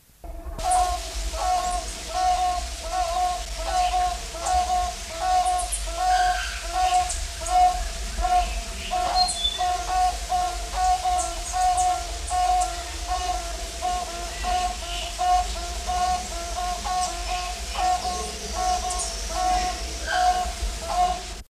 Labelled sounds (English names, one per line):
Toucan Barbet call